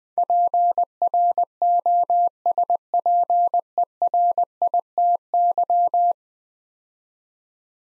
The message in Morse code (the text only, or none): PROSPERITY